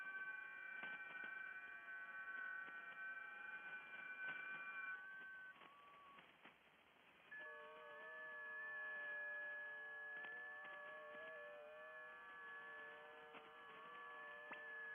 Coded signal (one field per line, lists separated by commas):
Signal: FT8